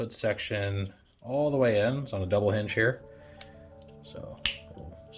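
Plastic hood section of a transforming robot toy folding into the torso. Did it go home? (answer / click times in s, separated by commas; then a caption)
yes / 4.5 s. Someone talks while folding the plastic hood section of a Transformers Studio Series 86 Blurr robot toy all the way in on its double hinge into the torso. A sharp click at 4.5 s marks the hood snapping into place, seated.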